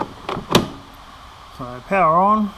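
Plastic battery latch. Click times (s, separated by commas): 0.0 s, 0.6 s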